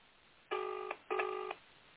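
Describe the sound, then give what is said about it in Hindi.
Two steady electronic ringback tones, each lasting about 0.4 seconds with a short gap between, a clean harmonic buzz heard on an outgoing phone call with no voices. “तुरंत घंटी गई।”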